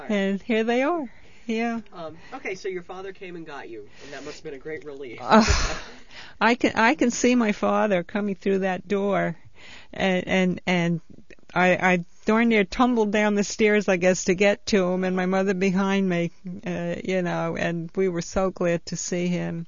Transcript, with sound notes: And here they are, yeah.
O.K. So your father came and got you. That must have been a great relief.
(she sighs) I can, I can see my father coming through that door and, and, and I, I darn near tumbled down the stairs, I guess, to get to him and my mother behind me, you know, and we were so glad to see him.